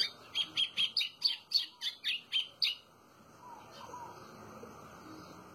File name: canto do golinho